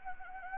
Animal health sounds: mosquito wingbeat signal from an infrared sensor; Anopheles gambiae

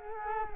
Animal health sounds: mosquito wingbeat signal from an infrared sensor; Culex quinquefasciatus

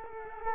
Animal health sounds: mosquito wingbeat signal from an infrared sensor; Culex quinquefasciatus

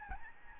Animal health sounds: mosquito wingbeat signal from an infrared sensor; Aedes albopictus

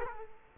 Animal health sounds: mosquito wingbeat signal from an infrared sensor; Culex quinquefasciatus

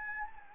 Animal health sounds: mosquito wingbeat signal from an infrared sensor; Anopheles gambiae

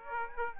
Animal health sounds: mosquito wingbeat signal from an infrared sensor; Aedes aegypti

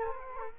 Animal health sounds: mosquito wingbeat signal from an infrared sensor; Culex quinquefasciatus

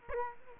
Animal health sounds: mosquito wingbeat signal from an infrared sensor; Culex quinquefasciatus

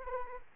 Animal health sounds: mosquito wingbeat signal from an infrared sensor; Aedes aegypti

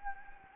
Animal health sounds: mosquito wingbeat signal from an infrared sensor; Anopheles gambiae

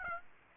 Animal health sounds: mosquito wingbeat signal from an infrared sensor; Aedes aegypti

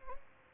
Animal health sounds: mosquito wingbeat signal from an infrared sensor; Aedes albopictus

